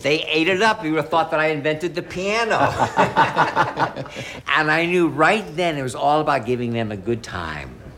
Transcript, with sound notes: They ate it up. You would've thought that I invented the piano. (LAUGHTER) And I knew right then it was all about giving them a good time.